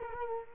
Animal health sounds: mosquito wingbeat signal from an infrared sensor; Culex quinquefasciatus

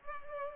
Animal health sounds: mosquito wingbeat signal from an infrared sensor; Culex pipiens

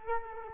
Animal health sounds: mosquito wingbeat signal from an infrared sensor; Culex quinquefasciatus

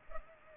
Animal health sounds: mosquito wingbeat signal from an infrared sensor; Culex pipiens

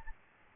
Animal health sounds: mosquito wingbeat signal from an infrared sensor; Aedes albopictus

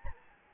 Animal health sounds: mosquito wingbeat signal from an infrared sensor; Anopheles gambiae

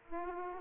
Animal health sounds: mosquito wingbeat signal from an infrared sensor; Aedes aegypti

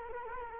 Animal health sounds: mosquito wingbeat signal from an infrared sensor; Culex quinquefasciatus

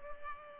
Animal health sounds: mosquito wingbeat signal from an infrared sensor; Culex pipiens

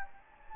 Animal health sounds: mosquito wingbeat signal from an infrared sensor; Anopheles gambiae

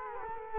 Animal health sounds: mosquito wingbeat signal from an infrared sensor; Culex quinquefasciatus

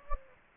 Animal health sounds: mosquito wingbeat signal from an infrared sensor; Anopheles gambiae

